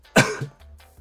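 A single sharp adult cough with a softer second burst, heard in a quiet room.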